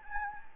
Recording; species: mosquito wingbeat signal from an infrared sensor; Anopheles gambiae